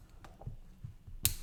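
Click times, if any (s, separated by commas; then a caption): 1.3 s. A plastic LEGO leg piece is pressed onto a brown spider brick build and snaps on with one sharp, bright click at 1.2 s, after a couple of faint softer ticks. The leg is seated.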